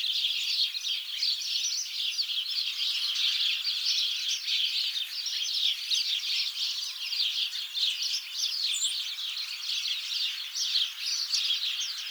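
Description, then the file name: House sparrows chirping as a dense flock, many overlapping sharp chirps forming a continuous unbroken chatter throughout. "Passer domesticus"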